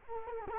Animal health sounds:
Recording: mosquito wingbeat signal from an infrared sensor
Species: Culex quinquefasciatus

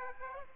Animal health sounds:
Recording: mosquito wingbeat signal from an infrared sensor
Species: Aedes aegypti

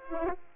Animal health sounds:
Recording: mosquito wingbeat signal from an infrared sensor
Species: Aedes aegypti

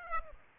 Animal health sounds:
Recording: mosquito wingbeat signal from an infrared sensor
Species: Aedes aegypti

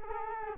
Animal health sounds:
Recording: mosquito wingbeat signal from an infrared sensor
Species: Culex quinquefasciatus

